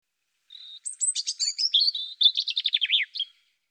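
European robin singing a short, high, thin phrase: a steady whistled note, then rapid twittering trills and a falling series of quick notes, lasting about three seconds.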